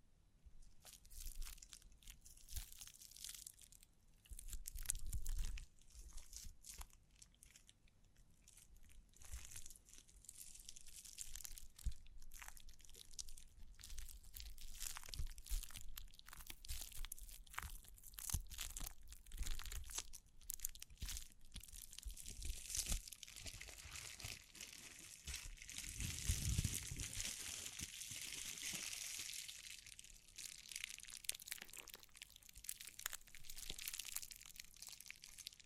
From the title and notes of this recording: ASMR 9 Triggers Assortment for Sleep Tapping, Scratching, Brushing, Crinkles(No Talking).